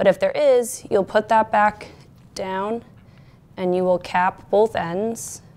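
Plastic end caps are handled at a dust sampling cassette after about a teaspoon of dust has been collected, while someone talks throughout. Neither cap has clicked or seated onto either end of the cassette yet.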